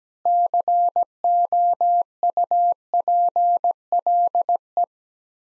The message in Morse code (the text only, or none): COUPLE